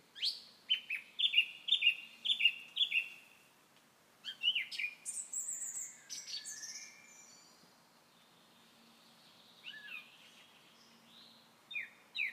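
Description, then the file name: Common nightingale song: a run of repeated high chirps, then sharp whistled notes and rattling phrases, pauses, and later soft varied notes; a faint steady low hum underneath. "Nachtegaal"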